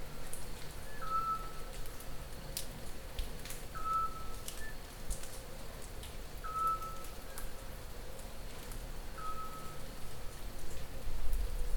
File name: SCOPS OWL